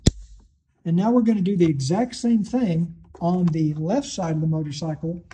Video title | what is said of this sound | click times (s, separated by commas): Power Accessory Hub from PathfinderLED - 2018+ Honda Goldwing | then press it in till it clicks. | 0.1 s